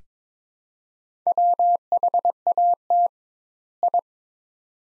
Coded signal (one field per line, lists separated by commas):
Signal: Morse code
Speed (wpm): 22 wpm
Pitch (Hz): 700 Hz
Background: none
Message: WHAT I